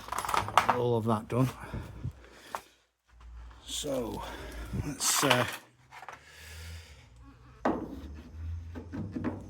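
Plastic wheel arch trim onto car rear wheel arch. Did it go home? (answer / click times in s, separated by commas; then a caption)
yes / 7.7 s. Plastic wheel arch trim is pushed onto the rear wheel arch of a Peugeot 106 S1 Rallye, its pegs having small clips that pull in behind them. Someone talks at the start and middle, with short knocks and handling noises, then a sharp click at 7.7 s. The trim clips in and locks in place.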